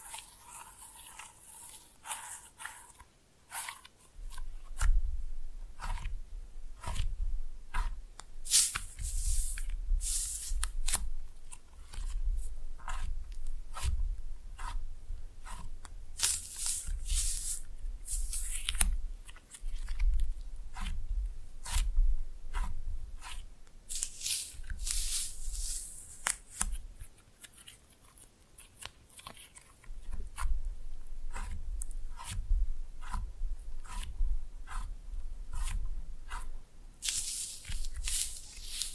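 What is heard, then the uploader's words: Slime being pressed and mixed, heard as a steady run of sharp, bright clicks and crackles, several per second, over a soft low rumble of handling. Wetter hissing squelches come in bursts around 8, 17 and 25 seconds, with a brief quieter patch near 29 seconds. Slime No Talking (Pressing and Mixing).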